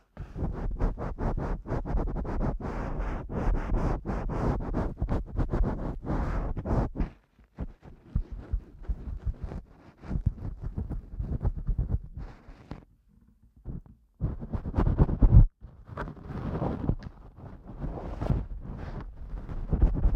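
Ear cleaning with dense, rapid scratching and rubbing for the first seven seconds, then sparser scrapes, a near-silent pause around fourteen seconds, and renewed scratching.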